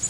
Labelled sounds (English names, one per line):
Prairie Warbler flight call